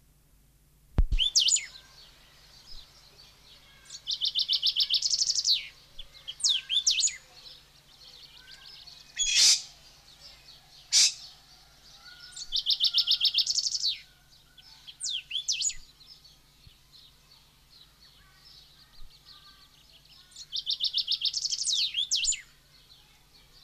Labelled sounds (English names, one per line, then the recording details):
Common Chaffinch song
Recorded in captivity
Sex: male
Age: adult
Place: Zoo Berlin, Berlin, DE
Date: 1991-06-03 10:00
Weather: cloudy, 12-15 °C
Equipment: Marantz, Sennheiser ME 80, Kopie Tesla B 116
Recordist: Tembrock, Günter